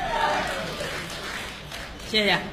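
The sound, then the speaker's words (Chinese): Thin, scattered applause from the audience at a Spring Festival quyi (Chinese folk performing arts) show at the Huguang Guild Hall, a few uneven claps over a steady crowd hiss, with a short burst of voice near the end. “谢谢现场所有热情的观众，您这么稀稀拉拉的掌声，谢谢大家。”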